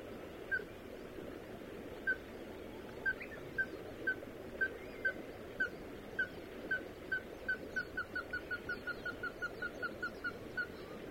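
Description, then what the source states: Ruddy-breasted crake calling: short clipped notes, widely spaced at first, then quickening into a rapid accelerating series over a soft background hiss. Recorded 24 April 2022.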